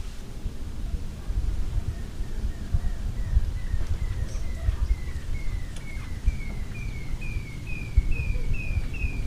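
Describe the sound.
Green-tailed jacamar singing a steady series of short high notes that gradually rise in pitch, against a rumbling, noisy background.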